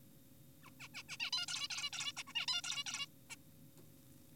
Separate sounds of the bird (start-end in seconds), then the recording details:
0.63-0.70, 0.80-0.88, 0.94-1.03, 1.09-1.17, 1.20-1.30, 1.33-1.46, 1.48-1.68, 1.71-1.90, 1.93-2.12, 2.17-2.23, 2.28-2.33, 2.36-2.46, 2.48-2.61, 2.64-2.84, 2.86-3.06, 3.30-3.36. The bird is an adult. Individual g4p5U